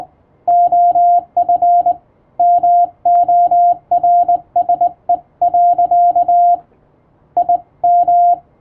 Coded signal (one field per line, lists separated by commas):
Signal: Morse code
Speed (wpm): 20 wpm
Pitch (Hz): 700 Hz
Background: radio noise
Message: OF MORSE. IM